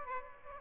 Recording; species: mosquito wingbeat signal from an infrared sensor; Aedes albopictus